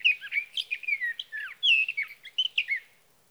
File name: Sage Thrasher